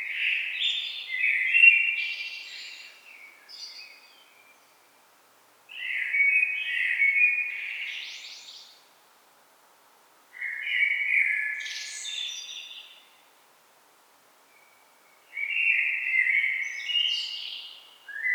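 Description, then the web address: Common blackbird with four warbled song phrases roughly every five seconds, fluted openings followed by scratchy rising twitters, silence in between. "SETE data Turdus merula"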